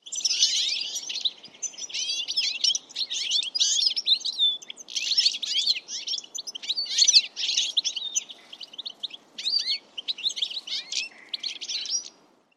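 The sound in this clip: Bird calls: dense, high twittering chirps and short squeaky notes that overlap almost continuously, with brief pauses, over a soft low background rumble.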